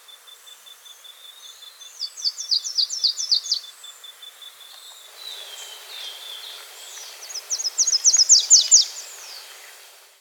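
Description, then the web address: Slate-throated Redstart singing two bright, high bursts of quick sliding notes, with a steady thin insect-like whine beneath the first half. Andes, South America. "Natures Songs S America Andean Birds. Slate-Throated Redstart (Myioborus Miniatus)"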